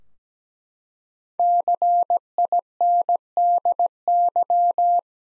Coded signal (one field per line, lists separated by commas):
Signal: Morse code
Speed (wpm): 17 wpm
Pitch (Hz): 700 Hz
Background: none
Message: CINDY